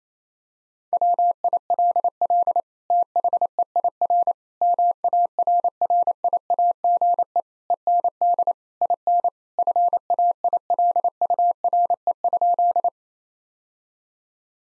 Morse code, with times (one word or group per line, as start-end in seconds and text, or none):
0.9-2.6 WILL
2.9-4.3 THEIR
4.6-7.4 MARRIAGE
7.7-8.5 END
8.8-9.3 IN
9.6-12.9 FAILURE?